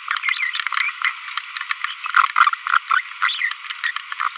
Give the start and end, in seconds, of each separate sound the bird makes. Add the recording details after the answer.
2.91-3.00, 3.84-3.91. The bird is a female. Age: 25 days. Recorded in a nest box in Venezuela. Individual 17B42B1